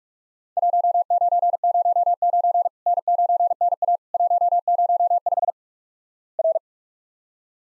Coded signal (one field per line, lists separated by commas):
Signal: Morse code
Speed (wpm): 47 wpm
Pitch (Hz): 700 Hz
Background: none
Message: 1909 N9NA 105 R